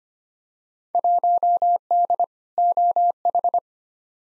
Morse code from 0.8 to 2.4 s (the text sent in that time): 1D